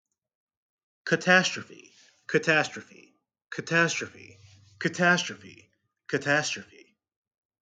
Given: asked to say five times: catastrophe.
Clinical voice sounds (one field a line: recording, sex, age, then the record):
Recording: repeated word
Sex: male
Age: 20 to 29 years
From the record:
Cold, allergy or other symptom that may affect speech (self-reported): no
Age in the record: 22 years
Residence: Maryland, United States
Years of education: 13